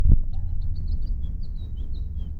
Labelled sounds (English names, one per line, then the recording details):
House Finch song
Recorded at Hempstead on Long Island, New York, on 10 June 1975
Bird A